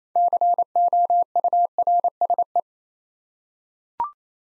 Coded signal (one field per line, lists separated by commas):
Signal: Morse code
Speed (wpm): 27 wpm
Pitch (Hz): 700 Hz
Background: none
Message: COURSE